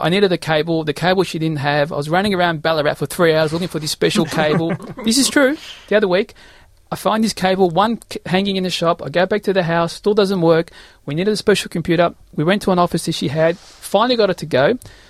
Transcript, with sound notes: I needed a cable, the cable she didn't have, I was running around Ballarat for three hours looking for this special cable. (laughs) This is true, the other week. I find this cable, one hanging in a shop, I go back to the house, still doesn't work, we needed a special computer, we went to an office that she had, finally got it to go.